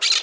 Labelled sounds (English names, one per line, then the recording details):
Brown-throated Parakeet contact call
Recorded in Margarita
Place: San Francisco, near stadium
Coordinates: 11.018, -64.294